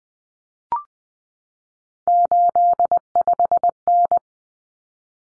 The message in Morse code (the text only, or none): 85N